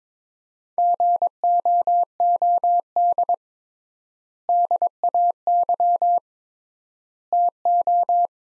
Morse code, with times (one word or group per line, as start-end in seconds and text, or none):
0.8-3.3 GOOD
4.5-6.2 DAY
7.3-8.3 TO